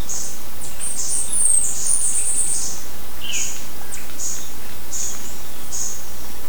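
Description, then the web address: Bird calls: thin, very high chirps repeated at irregular intervals, with one short falling note midway, over a constant steady hiss. "BIRD 2015 SABIOD"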